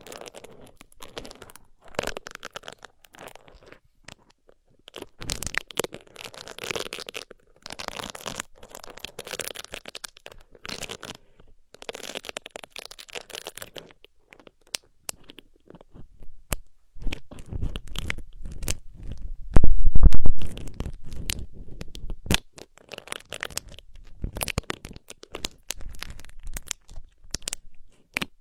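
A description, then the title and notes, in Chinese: Ear picking, heard as dense, irregular scratching and crackling that comes in short bursts throughout. The first half is busier and brighter. From about 17 seconds a low rumbling rubbing joins in, with a loud thump near 20 seconds. 抠耳朵。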